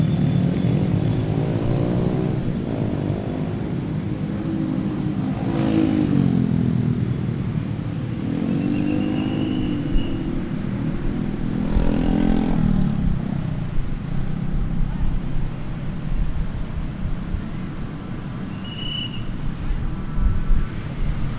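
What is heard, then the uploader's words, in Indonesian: Traffic at a park by a Bandung junction, with engines swelling past every few seconds, steady low rumble, and brief bird chirps. Taman Setiabudi Cipaganti - Bandung. Taman di pertigaan Jln. Setiabudi dan Jln. Cipaganti Bandung.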